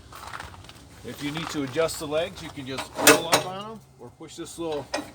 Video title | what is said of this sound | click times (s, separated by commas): 2021 Salem 27RE (8239) | but these just lift up into the door frame so they snap right into place | 0.3 s